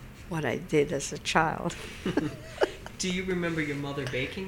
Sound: she laughs

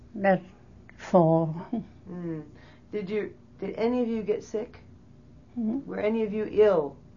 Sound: none

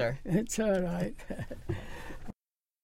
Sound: laughs

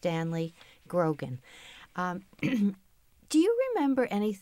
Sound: clears throat

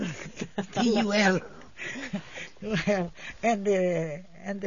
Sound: they laugh

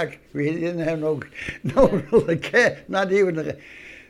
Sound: he laughs

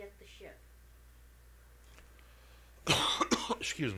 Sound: he coughs

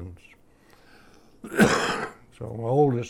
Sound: coughs

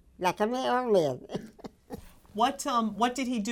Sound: she laughs

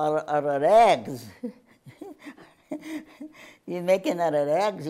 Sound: laughs

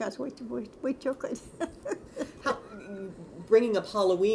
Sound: laughs

